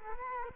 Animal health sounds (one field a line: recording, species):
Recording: mosquito wingbeat signal from an infrared sensor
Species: Culex quinquefasciatus